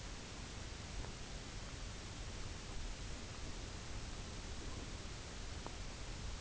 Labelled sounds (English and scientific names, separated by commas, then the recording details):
none
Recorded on Arctic tundra, site UTQI-0, on 17 June 2019
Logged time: 22:00